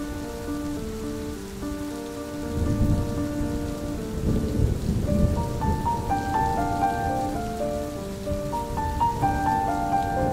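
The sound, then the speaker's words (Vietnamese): Heavy rain pours steadily, a dense hiss that swells into a louder, rumbling downpour midway, with low thunder-like rolls beneath and sustained tonal notes, likely soft music, running throughout. “Trời hôm ấy mưa càng thêm nặng hạt.”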